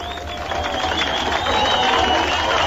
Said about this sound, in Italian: Un fiume di folla in festa passa. I berlinesi dell'ovest applaudono.